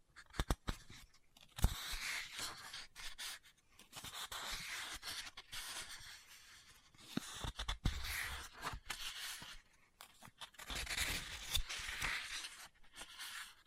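Book tapping, scratching and page turning: soft papery rustles and scratchy strokes come in bursts of a second or two, with short quiet gaps between them. Sharp taps punctuate the sequence, one noticeably louder near two seconds, then smaller clicks recurring throughout.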